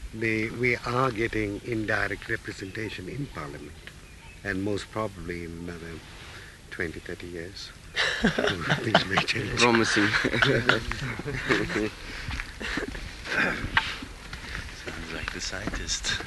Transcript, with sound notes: We are getting indirect representation in Parliament, and most probably in another twenty, thirty years..., [laughter]
Promises.
Sounds like the scientists.